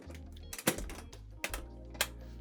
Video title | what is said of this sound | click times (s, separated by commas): Shop Life - How I Prepare For A Festival | Snapped into place. | 1.4 s, 2.0 s